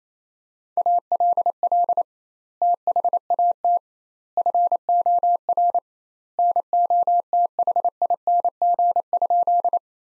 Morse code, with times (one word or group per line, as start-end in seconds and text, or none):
0.8-2.0 ALL
2.6-3.8 THAT
4.4-5.8 FOR
6.4-9.8 NOTHING?